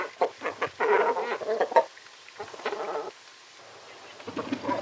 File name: Baklan bolshoj